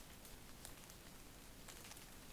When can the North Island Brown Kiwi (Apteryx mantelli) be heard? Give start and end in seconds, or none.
none